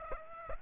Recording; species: mosquito wingbeat signal from an infrared sensor; Aedes aegypti